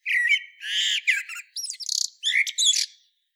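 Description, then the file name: Common blackbird singing one dense three-second phrase of warbled, chattering and buzzy notes, some rising and falling quickly. "Turdus merula"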